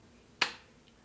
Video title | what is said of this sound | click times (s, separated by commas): StealthLock System - Installation | door will now be securely locked with just a little FreePlay | 0.4 s